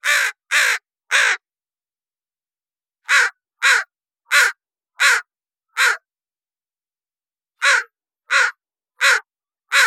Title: Northwestern Crow - Corcus Caurinus - Caws